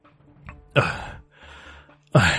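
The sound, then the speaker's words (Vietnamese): A person who has just been punched in the stomach, kneeling on the floor and clutching their belly, lets out two sharp, breathy gasps about a second apart, with a softer ragged inhale between them, straining and panting to catch their breath. “khuỵu hai chân xuống nền nhà, một tay ôm bụng, một tay chống xuống đất, miệng há hốc, cố gắng thở dốc, hai mắt trợn trừng, rứt rãi, chảy lòng thòng.”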